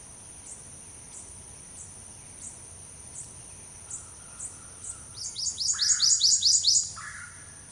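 Warbler song: a rapid series of high, piercing, repeated notes, with two short lower phrases near the end, over continuous high insect ticking.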